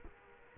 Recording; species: mosquito wingbeat signal from an infrared sensor; Culex quinquefasciatus